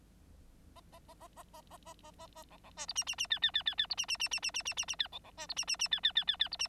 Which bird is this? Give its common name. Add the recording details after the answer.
Bengalese Finch. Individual Bird9